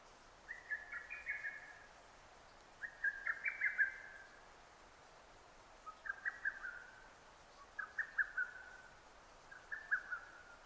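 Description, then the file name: Lesser cuckoo repeating short bursts of clipped whistled notes about every two seconds, the later phrases lower, against faint hiss. Recorded 6 June 2009. "hototogisu 20090606"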